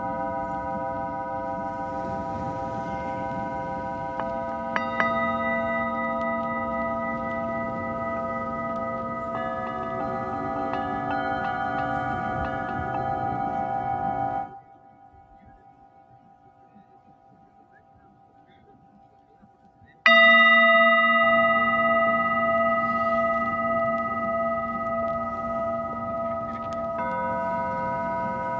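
Singing bowls ring in long, layered tones, struck again around five and ten seconds so fresh rings pile onto the fading hum. Near fifteen seconds the sound drops to near silence, then a bright new strike at twenty seconds swells and wavers slowly as it sustains.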